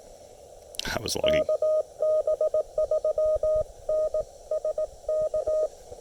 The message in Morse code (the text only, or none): KB3NSK